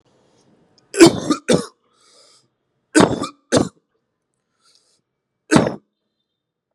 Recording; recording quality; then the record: heavy voluntary cough; excellent, no background noise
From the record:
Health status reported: COVID-19 positive, mild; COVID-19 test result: positive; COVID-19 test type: RT-PCR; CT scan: not taken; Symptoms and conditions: cough, cold, fever, fatigue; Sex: male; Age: 32 years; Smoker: no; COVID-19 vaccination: both doses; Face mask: not worn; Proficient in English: yes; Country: India